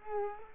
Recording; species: mosquito wingbeat signal from an infrared sensor; Culex quinquefasciatus